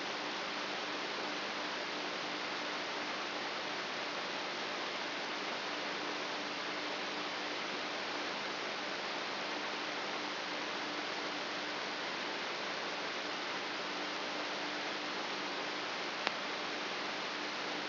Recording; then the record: brain microelectrode recording played as sound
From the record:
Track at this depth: inside the subthalamic nucleus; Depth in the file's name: 5.483 mm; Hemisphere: left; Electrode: 3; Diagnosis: Parkinson's disease